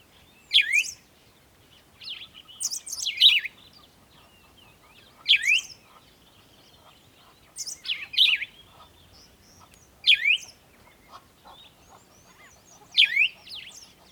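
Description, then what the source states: Bird calls: sharp high downslurred chirps in pairs and clusters, repeated every two to three seconds, over a quiet background. At a water hole in the early morning, bird close.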